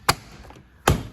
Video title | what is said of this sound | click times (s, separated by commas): How to modify your Front/rear doors for bigger speakers! Custom DIY fabrication. | everything just snaps into place now when you do this | 0.1 s, 0.9 s